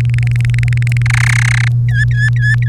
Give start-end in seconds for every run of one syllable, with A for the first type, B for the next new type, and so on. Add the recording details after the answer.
0.00-1.02 A, 1.06-1.68 B, 1.89-2.68 C. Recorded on 3 May 2018 at 07:00. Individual llb3